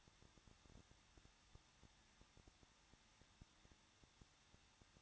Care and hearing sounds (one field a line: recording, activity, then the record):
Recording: daily activity, microphone in the room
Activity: no activity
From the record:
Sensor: 3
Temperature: 21.2 degrees Celsius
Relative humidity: 36.3%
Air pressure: 1006.3 hPa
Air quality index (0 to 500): 221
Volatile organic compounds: 40 ppm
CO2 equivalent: 3155 ppm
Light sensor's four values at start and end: 2/3/2/2 and 2/3/2/2